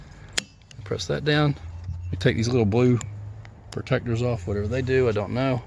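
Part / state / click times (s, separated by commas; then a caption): windshield wiper blade onto wiper arm J-hook / seated / 0.4 s. A 24-inch windshield wiper blade, already hooked onto the J-hook of a wiper arm on a 2001–2020 Toyota Camry, is pushed up and snaps into place with a loud, sharp click at 0.4 s. Two softer ticks follow at about 0.6 s and 0.7 s as the lock is pressed down, and the blade is seated. Someone talks through the rest of the clip.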